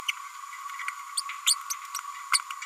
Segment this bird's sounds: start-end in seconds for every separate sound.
1.17-1.21, 1.46-1.56, 1.70-1.74, 2.33-2.39